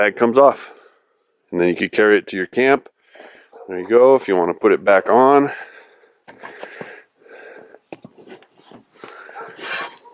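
Someone talks while handling a soft luggage bag on the quick-release rack mount of a 2021 Yamaha Tenere 700 motorcycle; the mount locks with a push button and has a small key to undo it. After the talking, from about 6 s, there are rustling handling sounds and a few short knocks as the bag is brought back onto the mount. Nothing has seated or clicked yet.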